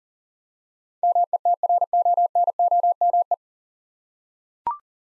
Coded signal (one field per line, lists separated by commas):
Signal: Morse code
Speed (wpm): 40 wpm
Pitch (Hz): 700 Hz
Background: none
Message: METRONOME